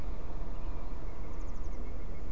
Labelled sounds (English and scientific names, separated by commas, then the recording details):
Eurasian Blue Tit (Cyanistes caeruleus)
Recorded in Germany
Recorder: ecoPi